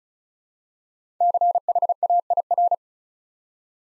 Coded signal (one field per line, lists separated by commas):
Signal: Morse code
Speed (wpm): 36 wpm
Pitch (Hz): 700 Hz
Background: none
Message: CHAIR